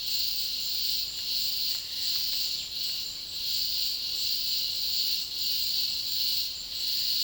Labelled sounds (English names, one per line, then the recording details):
none
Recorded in dense forest near Puerto Asís, Putumayo, Colombia, on 21 February 2024 at 14:30
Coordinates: 0.502, -76.324
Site G6370